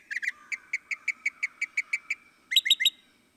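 Northern mockingbird song: a stuttered pair of notes, then a long series of evenly spaced sharp chips, ending in three loud notes.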